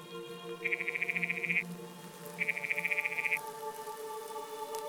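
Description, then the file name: Frog calling two short pulsed trills, each about a second long, over a steady hum. "rana"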